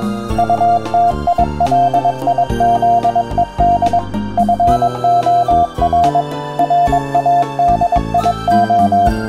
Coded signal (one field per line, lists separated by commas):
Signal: Morse code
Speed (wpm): 22 wpm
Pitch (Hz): 700 Hz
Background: music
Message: UTILIZED FOR RADIO